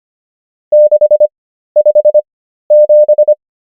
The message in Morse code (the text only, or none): 657